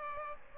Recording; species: mosquito wingbeat signal from an infrared sensor; Aedes aegypti